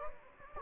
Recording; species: mosquito wingbeat signal from an infrared sensor; Anopheles gambiae